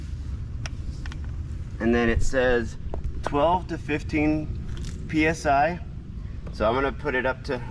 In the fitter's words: So I go ahead and stick this in, turn it, and it'll kind of lock into place.